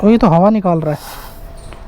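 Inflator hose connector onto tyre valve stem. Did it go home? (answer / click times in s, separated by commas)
yes / 1.7 s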